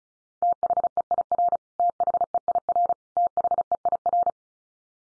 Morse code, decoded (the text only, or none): THEIR THEIR THEIR